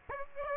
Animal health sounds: mosquito wingbeat signal from an infrared sensor; Aedes aegypti

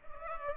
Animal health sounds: mosquito wingbeat signal from an infrared sensor; Culex pipiens

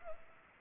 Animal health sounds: mosquito wingbeat signal from an infrared sensor; Culex pipiens

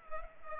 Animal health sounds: mosquito wingbeat signal from an infrared sensor; Culex pipiens

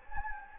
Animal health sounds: mosquito wingbeat signal from an infrared sensor; Anopheles gambiae

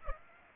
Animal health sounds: mosquito wingbeat signal from an infrared sensor; Aedes aegypti

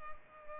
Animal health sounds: mosquito wingbeat signal from an infrared sensor; Culex pipiens

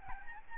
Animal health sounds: mosquito wingbeat signal from an infrared sensor; Aedes albopictus

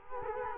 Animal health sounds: mosquito wingbeat signal from an infrared sensor; Culex quinquefasciatus

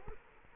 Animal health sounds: mosquito wingbeat signal from an infrared sensor; Culex quinquefasciatus

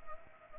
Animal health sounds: mosquito wingbeat signal from an infrared sensor; Anopheles arabiensis

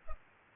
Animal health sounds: mosquito wingbeat signal from an infrared sensor; Culex pipiens

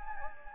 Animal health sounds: mosquito wingbeat signal from an infrared sensor; Anopheles gambiae

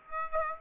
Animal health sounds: mosquito wingbeat signal from an infrared sensor; Aedes aegypti

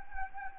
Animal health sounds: mosquito wingbeat signal from an infrared sensor; Anopheles gambiae

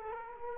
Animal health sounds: mosquito wingbeat signal from an infrared sensor; Culex quinquefasciatus

